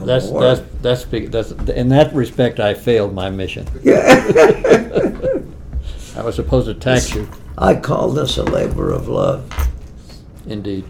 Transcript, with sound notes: That’s, that’s, that’s big, that’s a—in that respect, I failed my mission.
Yeah. [laughter]
I was supposed to tax you.
I call this a labor of love.
Indeed.